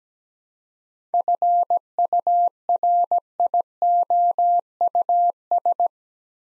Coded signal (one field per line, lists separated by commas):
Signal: Morse code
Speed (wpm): 17 wpm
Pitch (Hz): 700 Hz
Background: none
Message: FURIOUS